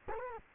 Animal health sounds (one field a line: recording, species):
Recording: mosquito wingbeat signal from an infrared sensor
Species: Culex quinquefasciatus